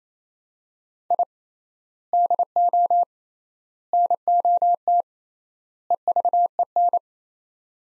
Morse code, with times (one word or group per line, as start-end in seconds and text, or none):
1.1-1.2 I
2.1-3.0 DO
3.9-5.0 NOT
5.9-7.0 EVEN